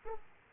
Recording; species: mosquito wingbeat signal from an infrared sensor; Aedes aegypti